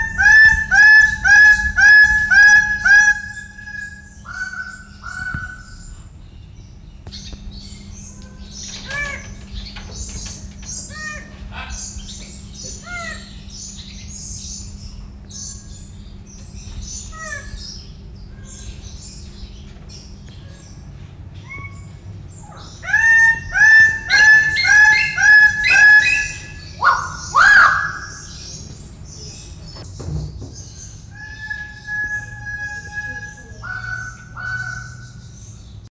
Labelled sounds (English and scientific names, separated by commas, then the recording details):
Raggiana Bird-of-paradise (Paradisaea raggiana) call
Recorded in captivity
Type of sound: call
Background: Paradisaea apoda
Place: Wilhelma Stuttgart, Baden-Württemberg, DE
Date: 1969-10-08
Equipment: Halbspur, 9,5 cm/s
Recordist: Lütgens, Hans
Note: Rufe. Im Hintergrund Paradisea apoda, mit Paradisea raggiana oft im Wechsel, auch bei Kurzlauten